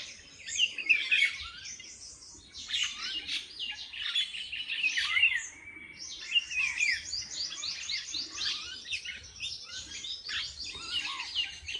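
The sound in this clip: Many birds twittering together, a steady wash of quick, high chirps and trills with loud individual notes popping out.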